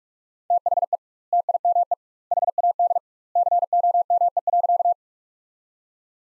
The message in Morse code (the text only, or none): THE TIME HAD COME.